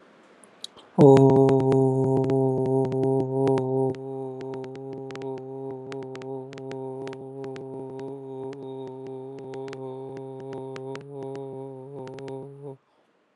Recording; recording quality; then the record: sustained vowel as in boot; moderate, slight background noise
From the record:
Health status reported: COVID-19 positive, mild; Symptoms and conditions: cough, sore throat, fever, muscle pain, loss of smell and taste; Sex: male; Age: 38 years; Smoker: not ticked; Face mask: not worn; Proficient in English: yes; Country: India